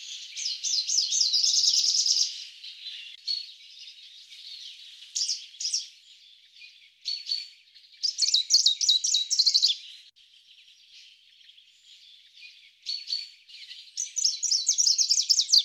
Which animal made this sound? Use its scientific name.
Phylloscopus trochiloides